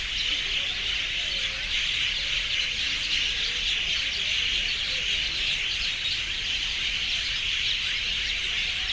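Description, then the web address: Birds screaming in a dense, unbroken chorus of high shrill calls from many birds at once, steady throughout with no pauses. Urban city ambience; extreme screaming from birds. "City Sounds AMBUrbn Birds, Scream, Extreme"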